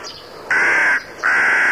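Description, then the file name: Rook giving two loud, harsh, nasal caws, each about half a second long, separated by a short pause. "havran"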